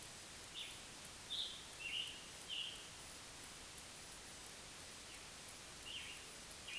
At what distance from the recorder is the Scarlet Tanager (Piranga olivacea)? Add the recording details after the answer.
about 30 m. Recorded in a Pennsylvania forest on 31 May 2023 at 20:35. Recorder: AudioMoth, point grid3_16_low. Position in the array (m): 265 m, 111 m